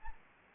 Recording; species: mosquito wingbeat signal from an infrared sensor; Anopheles gambiae